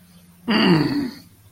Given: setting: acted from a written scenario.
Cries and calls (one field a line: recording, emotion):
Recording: vocal sound without words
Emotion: anger